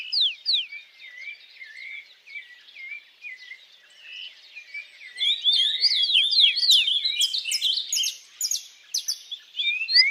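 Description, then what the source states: Birds singing slurred whistled notes at first, then a busier, louder mix of chirps and sweeping phrases from midway on. Birds singing at dawn.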